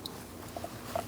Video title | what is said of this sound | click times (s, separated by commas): How to Replace Thermostat Housing Assembly 2000-2006 Mini Cooper 1.6L L4 | make sure it clicks, | 0.1 s